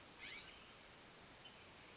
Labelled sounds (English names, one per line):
California Scrub-Jay